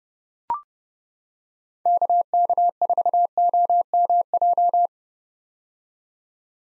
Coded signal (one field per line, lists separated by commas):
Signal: Morse code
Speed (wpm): 30 wpm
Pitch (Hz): 700 Hz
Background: none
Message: KK4OMJ